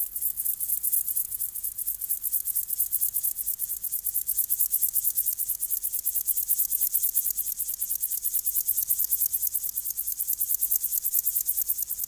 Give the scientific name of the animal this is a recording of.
Chorthippus apricarius